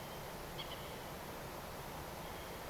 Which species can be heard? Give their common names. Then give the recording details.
Common Moorhen. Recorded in France